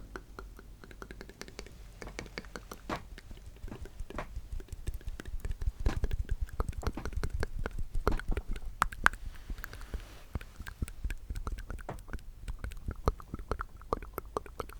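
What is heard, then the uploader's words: Wet mouth sounds made up of quick clicks, pops and smacks that come in dense, uneven bursts throughout. They are soft at first, then grow busier and louder from about six seconds on. A low, steady hum sits underneath. ASMR The MOST Tingly MOUTH Sounds.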